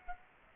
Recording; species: mosquito wingbeat signal from an infrared sensor; Aedes aegypti